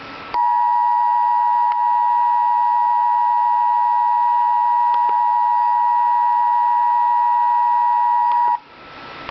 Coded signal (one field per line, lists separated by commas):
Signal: Emergency Alert System (SAME) tones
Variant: 853 and 960 Hz attention tone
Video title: Real EAS Alert #51 - Severe Weather Statement